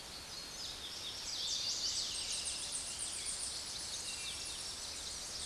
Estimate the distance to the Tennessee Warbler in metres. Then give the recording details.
about 35 m. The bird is about 30 m above the microphone. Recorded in a Pennsylvania forest on 16 May 2024 at 06:18. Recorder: AudioMoth, point MSD-1849. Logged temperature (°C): 12.1 °C. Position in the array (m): 31 m, 60 m